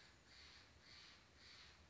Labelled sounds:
Steller's Jay
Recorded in Sonoma County, California

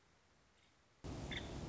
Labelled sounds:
Nuttall's Woodpecker
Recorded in Sonoma County, California

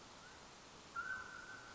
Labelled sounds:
Mountain Quail
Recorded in Sonoma County, California

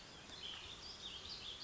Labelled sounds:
Warbling Vireo
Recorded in Sonoma County, California

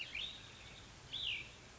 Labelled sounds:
Cassin's Vireo
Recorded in Sonoma County, California

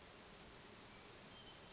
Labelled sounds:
Western Flycatcher
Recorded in Sonoma County, California

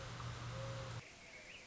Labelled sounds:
Mourning Dove
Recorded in Sonoma County, California

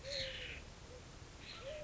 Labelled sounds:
Eurasian Collared Dove
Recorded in Sonoma County, California

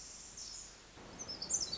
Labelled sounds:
Pacific Wren
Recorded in Sonoma County, California

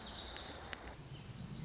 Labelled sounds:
Lazuli Bunting
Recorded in Sonoma County, California

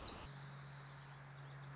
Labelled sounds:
Wilson's Warbler
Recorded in Sonoma County, California

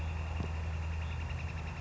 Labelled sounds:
Northern Flicker
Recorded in Sonoma County, California

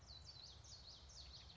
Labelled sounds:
Common Yellowthroat
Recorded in Sonoma County, California

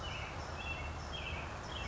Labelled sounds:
American Robin
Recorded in Sonoma County, California

